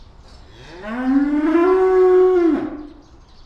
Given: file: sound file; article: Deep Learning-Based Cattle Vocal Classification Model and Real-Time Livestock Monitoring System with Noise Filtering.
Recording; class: cattle; estrus call